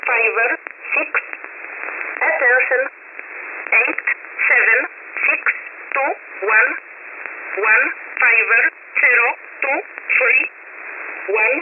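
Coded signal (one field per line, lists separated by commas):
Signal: numbers station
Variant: E11 Oblique, English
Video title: 20 09 2022 Numbers Station E11 Oblique in English to Eu 0722 on 9963 Warsaw in USB mode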